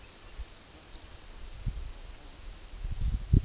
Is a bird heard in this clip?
no